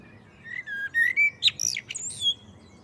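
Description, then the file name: Common blackbird song: a low fluted warble sliding and rising, then a burst of thin, squeaky high twitters to finish the phrase. "Turdus merula"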